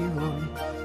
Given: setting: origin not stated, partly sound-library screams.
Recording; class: one-second piece from a danger detection set; normal situation